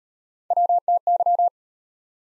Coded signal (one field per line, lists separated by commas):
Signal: Morse code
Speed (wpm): 38 wpm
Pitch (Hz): 700 Hz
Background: none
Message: WTY